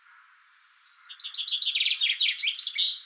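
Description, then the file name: Common chaffinch song: soft high notes build into a loud, rattling descending trill ending in a brief flourish. "Fringilla coelebs"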